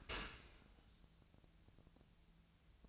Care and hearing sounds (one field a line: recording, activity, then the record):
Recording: daily activity, microphone in the room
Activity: open dishwasher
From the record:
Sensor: 2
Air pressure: 1000.4 hPa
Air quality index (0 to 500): 165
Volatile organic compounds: 3 ppm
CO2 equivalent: 1372 ppm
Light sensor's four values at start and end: 11/30/11/13 and 11/30/11/13